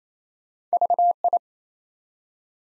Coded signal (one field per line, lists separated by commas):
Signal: Morse code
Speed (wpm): 27 wpm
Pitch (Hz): 700 Hz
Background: none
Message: VI